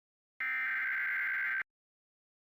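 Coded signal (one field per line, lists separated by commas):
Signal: Emergency Alert System (SAME) tones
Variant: header bursts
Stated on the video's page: Flash flood warning EAS tones received on a television station.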